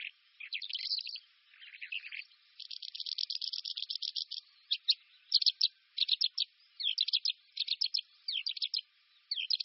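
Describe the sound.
Calandra lark song: quick rattling trills alternate with clipped chirps and short buzzy phrases in a fast, varied stream.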